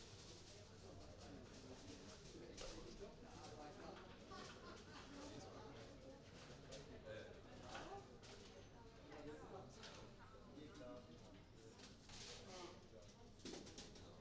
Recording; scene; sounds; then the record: everyday scene through a hearing-aid microphone; many people talking; many voices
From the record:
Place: university cafeteria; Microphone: in the ear canal, right